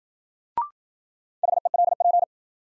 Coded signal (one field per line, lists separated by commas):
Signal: Morse code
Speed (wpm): 53 wpm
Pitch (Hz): 700 Hz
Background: none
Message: HELP